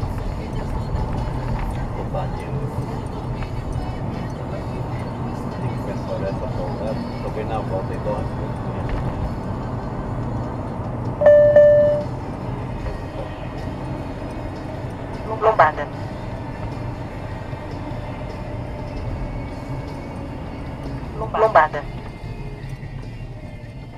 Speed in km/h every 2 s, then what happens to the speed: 52, 55, 57, 58, 59, 59, 62, 60, 57, 46, 23, 23.
0-13 speeds up to 62. 13-20 brakes to 23.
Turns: none.